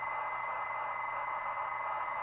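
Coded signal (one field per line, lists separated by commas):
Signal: ZX Spectrum tape loading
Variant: Spectrum 128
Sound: continuous harsh buzzing data screech with a faint steady high whine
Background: low mains hum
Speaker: four minutes to load so I may edit some of this out but I just wanted to show that yes you can get some it records right away whatever's on the screen so cassette loading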